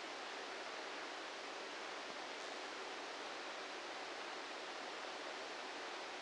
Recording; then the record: brain microelectrode recording played as sound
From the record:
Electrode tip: outside the subthalamic nucleus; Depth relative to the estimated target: -6 mm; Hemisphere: left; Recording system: NeuroSet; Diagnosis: Parkinson's disease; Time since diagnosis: 8 years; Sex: male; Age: 58 years